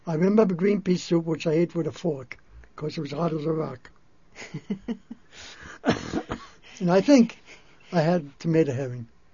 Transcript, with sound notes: I remember the green pea soup, which I ate with a fork because it was hard as a rock. [Laughs, Coughs] I think I had tomato herring.